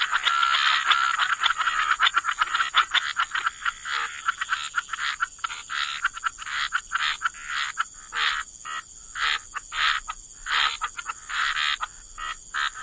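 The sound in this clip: Frog chorus starting dense, then thinning into distinct croaking bursts, over a constant high hiss.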